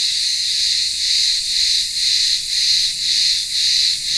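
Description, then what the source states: Continuous cicada chorus, a bright hissing drone with soft rhythmic surges close to twice a second. Cicadas in a village town square on the remote island of Ikaria, Greece, singing in the midday heat.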